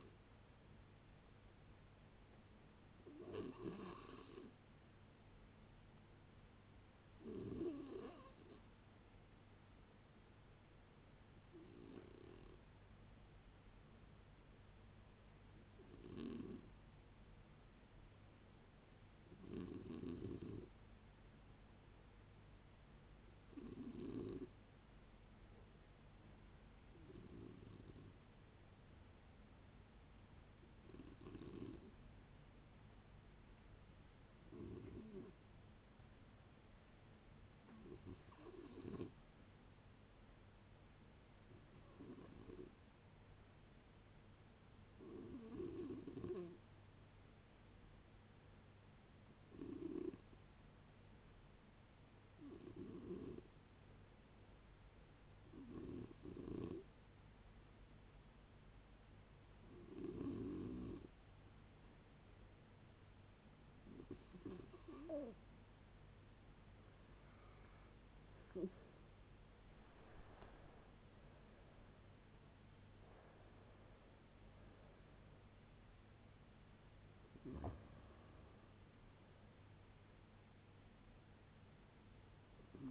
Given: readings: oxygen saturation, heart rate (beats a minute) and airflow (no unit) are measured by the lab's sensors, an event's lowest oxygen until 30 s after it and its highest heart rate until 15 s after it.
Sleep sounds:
a person awake in a sleep study, by a voice recorder at the bedside; none
0.00-82.91 s: awake
0.00-82.91 s: awake
From the record:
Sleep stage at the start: awake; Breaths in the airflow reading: 28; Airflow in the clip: -0.8 to 0.8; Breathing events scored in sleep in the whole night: 496 in 5.4 hours asleep

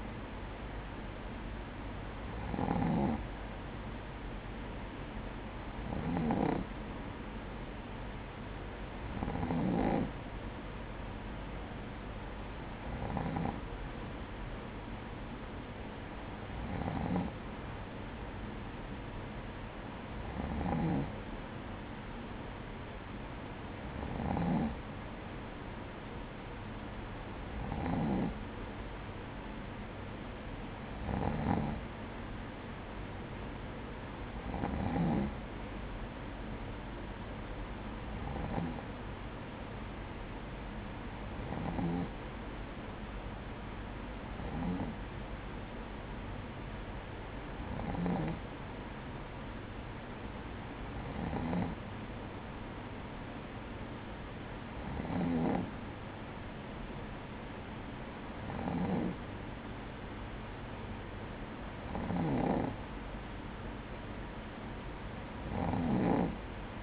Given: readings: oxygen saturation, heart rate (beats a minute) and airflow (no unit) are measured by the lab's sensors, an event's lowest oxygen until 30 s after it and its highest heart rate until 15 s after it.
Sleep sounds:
breathing in sleep by a voice recorder at the bedside; none
none scored
From the record:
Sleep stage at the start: N2 (light sleep); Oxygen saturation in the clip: 95 to 96%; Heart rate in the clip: 55 to 58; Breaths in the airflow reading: 18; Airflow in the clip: -7.3 to 5.5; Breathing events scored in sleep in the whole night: 180 in 6.7 hours asleep

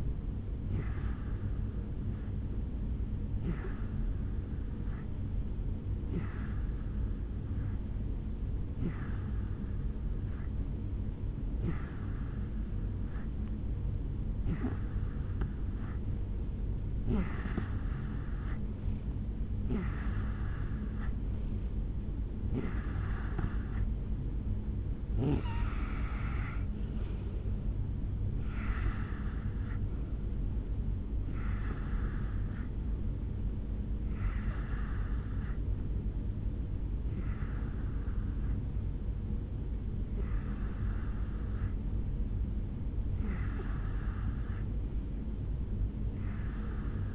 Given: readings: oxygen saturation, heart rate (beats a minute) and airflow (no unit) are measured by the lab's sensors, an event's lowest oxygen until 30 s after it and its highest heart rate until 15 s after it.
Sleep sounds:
breathing in sleep by a smartphone at the bedside; none
26.00-47.15 s: new sleep stage, N2 (light sleep)
From the record:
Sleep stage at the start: N3 (deep sleep); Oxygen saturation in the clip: 87 to 89%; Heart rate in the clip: 64 to 72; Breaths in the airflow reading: 16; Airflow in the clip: -4.8 to 3.3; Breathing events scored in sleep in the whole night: 449 in 7.0 hours asleep

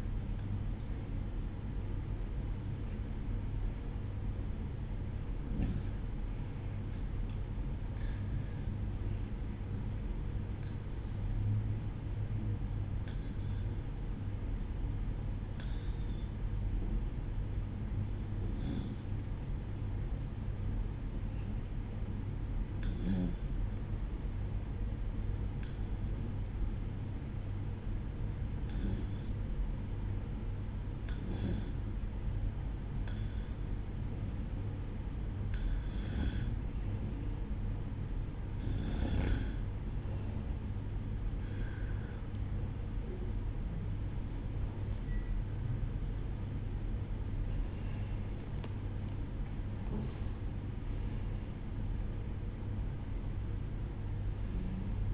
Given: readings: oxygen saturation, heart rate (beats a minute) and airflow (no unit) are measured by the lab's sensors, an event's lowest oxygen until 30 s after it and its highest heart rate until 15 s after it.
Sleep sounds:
breathing in sleep by a smartphone at the bedside; 1
13.00-42.10 s: hypopnea (REM, oxygen 94% highest, then 93% lowest, heart rate 65 at the start, 74 highest)
50.00-55.14 s: new sleep stage, N1 (lightest sleep)
From the record:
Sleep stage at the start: REM sleep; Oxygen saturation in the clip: 93 to 95%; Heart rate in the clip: 63 to 74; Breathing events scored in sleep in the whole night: 305 in 9.6 hours asleep

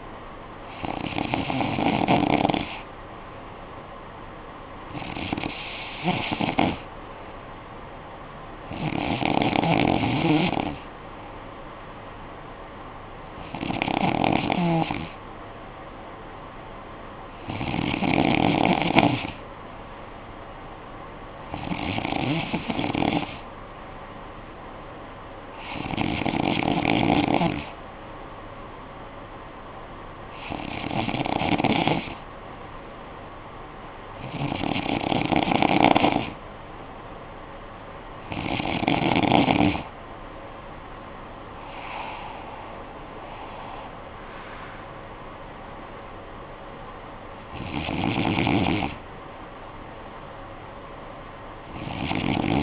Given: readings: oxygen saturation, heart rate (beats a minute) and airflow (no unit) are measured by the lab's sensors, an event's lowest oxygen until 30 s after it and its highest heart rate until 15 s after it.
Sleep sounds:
breathing in sleep by a voice recorder at the bedside; 1
31.00-42.10 s: hypopnea (N2, oxygen 94% highest, then 92% lowest, heart rate 61 at the start, 76 highest)
From the record:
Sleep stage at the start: N2 (light sleep); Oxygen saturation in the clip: 92 to 94%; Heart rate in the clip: 55 to 76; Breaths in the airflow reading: 12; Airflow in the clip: -11.9 to 9.2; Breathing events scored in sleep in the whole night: 445 in 7.6 hours asleep

